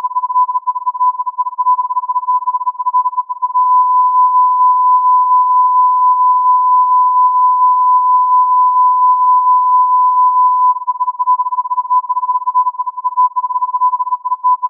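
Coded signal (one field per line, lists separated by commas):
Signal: radio time signal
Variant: Beta RJH69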